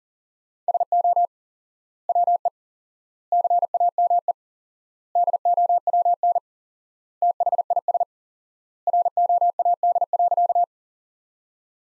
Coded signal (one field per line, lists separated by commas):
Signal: Morse code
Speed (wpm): 40 wpm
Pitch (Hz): 700 Hz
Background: none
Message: SO WE CAME DOWN THIS ROAD.